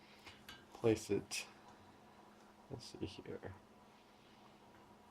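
A wiper blade is lined up on the J-hook of a wiper arm while someone talks, with brief handling taps and rustles around 0.5 s and between 2.7 and 3.5 s. The blade is not yet pushed home, and nothing has seated or clicked yet.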